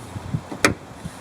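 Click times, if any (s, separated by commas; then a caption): 0.7 s. A plastic retaining clip is forced down into a headlight mount on a car frame while the headlight housing is pressed against the frame by hand. A few faint low thumps lead up to a sharp, bright click at 0.7 s, followed by another soft thump. The clip clicks home and is seated.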